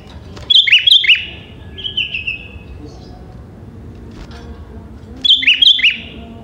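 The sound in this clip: Sooty-headed bulbul singing lively chirps with a trailing whistled note, then a pause and another phrase of quick chirps.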